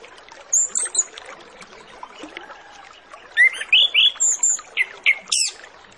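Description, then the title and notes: Orange-headed Thrush song: brief high chirps, then a fast string of varied whistled and warbled notes for about two seconds, amid steady hiss. Full-fill master recording used as a lure to get Orange-headed Thrushes to sing quickly and openly. "Masteran Anis Kembang Full Isian Untuk Suara Pancingan Anis Kembang Agar Cepat Ngeplong. Suara Burung Anis Kembang"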